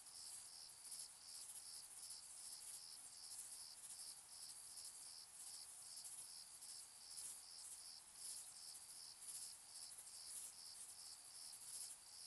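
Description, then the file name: Crickets chirping in a dense, shrill, high-pitched chorus, pulses repeating about two to three times a second over a steady hiss. Distant crickets in summer fields, evening into night; shrill high frequencies, flat night ambience. "summer-in-the-fields-evening-night-004-distant-crickets-shrill-high-frequencies-flat-night"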